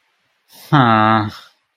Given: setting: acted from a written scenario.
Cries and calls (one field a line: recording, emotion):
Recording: vocal sound without words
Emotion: contempt